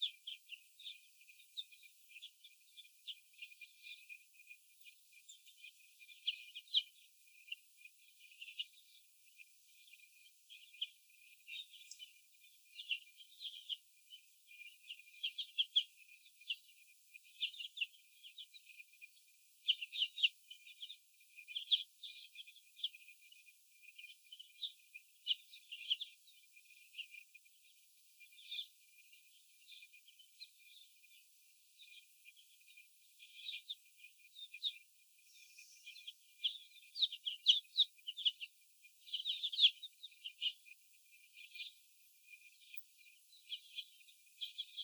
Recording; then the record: young laying hens in a cage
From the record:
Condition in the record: before the stressor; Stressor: sudden umbrella opening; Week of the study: 2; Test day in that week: 1